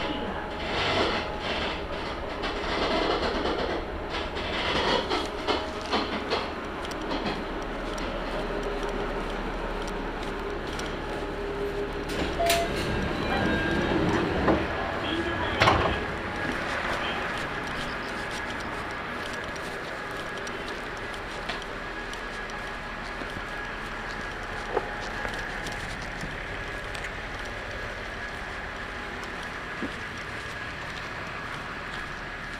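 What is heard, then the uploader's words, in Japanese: A ride on the Tenryū Hamanako Railway: a steady train rumble runs throughout, with rattles and clacks bunched around the fifth, twelfth and fifteenth seconds. A faint whine holds beneath, sharp knocks return near 25 seconds, and quiet speech surfaces briefly. 天竜浜名湖鉄道 金指→西気賀→金指 往復。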